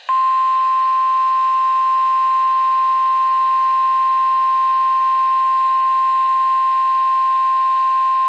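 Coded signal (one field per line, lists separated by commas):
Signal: Emergency Alert System (SAME) tones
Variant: 1050 Hz attention tone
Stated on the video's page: Fictional EAS scenario set in Chicago.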